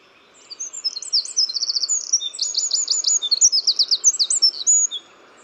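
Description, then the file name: Eurasian wren song: a rapid, high-pitched burst of sharp notes and fast buzzy trills, lasting about five seconds, over faint background hiss. "Troglodytes troglodytes"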